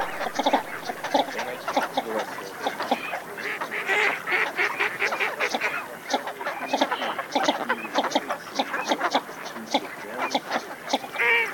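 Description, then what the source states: Northern shoveler calls: a dense flock chorus of harsh nasal clucks and quacks, overlapping and continuous, with louder bursts scattered throughout. Sound file made for an electronic hunting decoy caller chip used to lure ducks.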